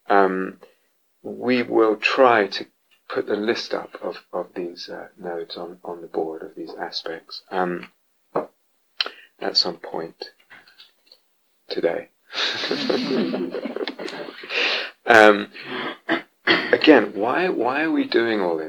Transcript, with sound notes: We will try to put the list up of these nodes on the board, of these aspects, at some point... today. [laughter] Again, why are we doing all this?